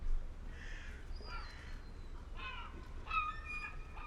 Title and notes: PORT DE PECHE AU REPOS _ Gamle Sørvågen 12, 8392 Sørvågen, Norvège - MOUETTES ET CLAPOTIS PORT DE PECHE. MOUETTES ET CLAPOTIS dans le port de Reine. Il est midi et tout est calme, pêcheurs, touristes et circulation